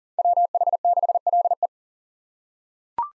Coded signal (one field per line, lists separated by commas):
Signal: Morse code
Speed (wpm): 37 wpm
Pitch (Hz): 700 Hz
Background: none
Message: WH6LE